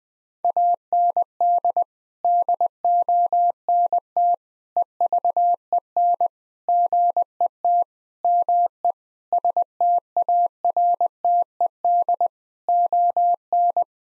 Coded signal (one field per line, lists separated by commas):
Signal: Morse code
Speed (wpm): 20 wpm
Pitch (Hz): 700 Hz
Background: none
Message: AND DONT EVEN GET ME STARTED ON